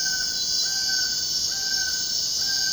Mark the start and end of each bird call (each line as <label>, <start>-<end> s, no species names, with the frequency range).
bird call (0.9-2.1 kHz), 0.00-2.72 s